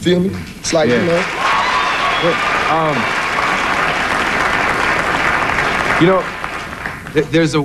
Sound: applause